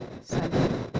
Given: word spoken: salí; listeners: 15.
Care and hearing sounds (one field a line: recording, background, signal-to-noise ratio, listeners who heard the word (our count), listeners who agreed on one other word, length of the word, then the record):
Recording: one Spanish word in noise, from a listening test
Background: noise modulated by one talker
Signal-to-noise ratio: -7.1 dB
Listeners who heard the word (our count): 0 of 15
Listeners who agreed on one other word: 10 of 15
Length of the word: 0.60 s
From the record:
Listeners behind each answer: 10, 1, 1, 1, 1, 1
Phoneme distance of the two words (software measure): 7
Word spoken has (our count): 2 syllables, 4 phonemes, stress on syllable 2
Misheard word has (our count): 2 syllables, 5 phonemes, stress on syllable 2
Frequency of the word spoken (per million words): 13.03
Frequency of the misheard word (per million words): 147.13